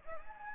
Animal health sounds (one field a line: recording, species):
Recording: mosquito wingbeat signal from an infrared sensor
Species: Anopheles gambiae